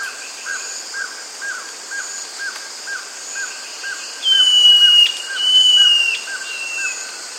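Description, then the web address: Pale-faced antbird singing drawn-out clear whistles, each gently falling in pitch, three in sequence, while insects hum steadily and faint low notes pulse regularly. South America. "Natures Songs S America Pale-Faced Antbird"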